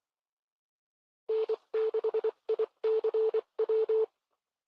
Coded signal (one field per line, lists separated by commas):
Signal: Morse code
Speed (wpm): 24 wpm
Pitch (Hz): 440 Hz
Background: none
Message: N6ICW